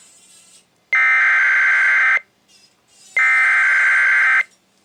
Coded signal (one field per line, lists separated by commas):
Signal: Emergency Alert System (SAME) tones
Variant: header bursts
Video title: Sage Relay: Severe Thunderstorm Warning (8/1/21)(EAS 820)